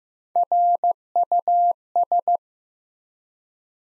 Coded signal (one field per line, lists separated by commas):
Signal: Morse code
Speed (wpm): 15 wpm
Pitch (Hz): 700 Hz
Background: none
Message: RUS